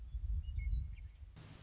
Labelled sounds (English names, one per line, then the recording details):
Western Meadowlark
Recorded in Sonoma County, California